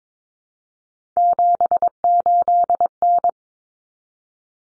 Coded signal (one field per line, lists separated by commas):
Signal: Morse code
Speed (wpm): 22 wpm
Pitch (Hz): 700 Hz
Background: none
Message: 78N